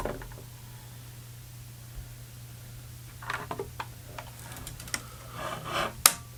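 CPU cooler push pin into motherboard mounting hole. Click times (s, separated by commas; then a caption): 6.1 s. A stubborn plastic push pin on a stock CPU cooler is reworked and pushed into its motherboard mounting hole. After a steady low hum and scattered small taps and scrapes from about 3.3 s, it snaps home with a sharp, loud click at 6.1 s, fully seated.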